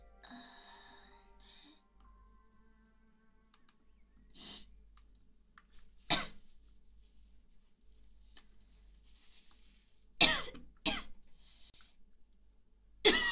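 Several short, sharp dry coughs, about four over 13 seconds with a softer one earlier, come at irregular spacing in a quiet room from an adult with a cold who keeps feeling the urge to cough. A faint repeating beep runs in the background.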